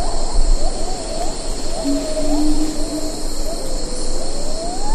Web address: siamang